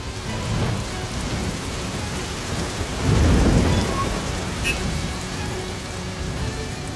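rain with thunder

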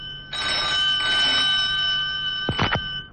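telephone bell ringing

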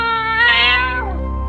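cat meowing sound effect

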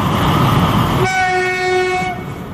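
train

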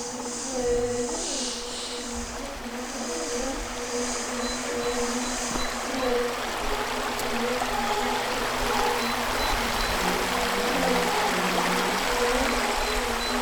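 flowing stream water

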